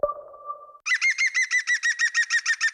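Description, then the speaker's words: European green woodpecker call: a ringing, laugh-like series of many evenly spaced notes, preceded by a brief steady tone. "Ken je het geluid van de groene specht?"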